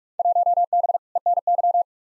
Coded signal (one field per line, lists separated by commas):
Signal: Morse code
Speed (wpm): 46 wpm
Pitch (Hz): 700 Hz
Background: none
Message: 1B ENY